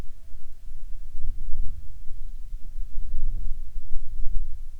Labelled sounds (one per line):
bird
wind